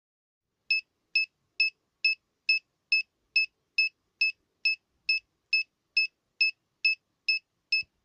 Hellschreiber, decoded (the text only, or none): none